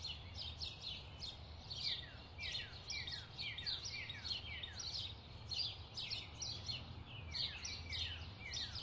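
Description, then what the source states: Birds twittering continuously, sharp falling chirps layered densely, with a constant low hum in the background. Bird chirping ambience.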